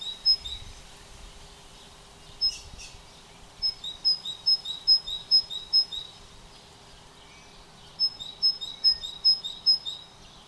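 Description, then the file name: Great tit song of sharp paired whistles repeated rhythmically in two runs. "Parus major"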